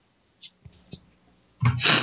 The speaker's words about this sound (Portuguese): Uma fungada? É pausa dramática. Fungada atrás do pescoço dele, que coisa linda.